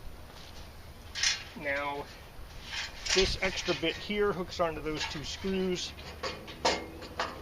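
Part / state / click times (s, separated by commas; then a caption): steel side shelf onto folding grill table screws / seated / 7.2 s. An extra steel side shelf is hooked onto two screws on a folding grill table and pressed until it snaps in place, with a sharp click at 7.2 s. Someone talks throughout while handling the metal shelf.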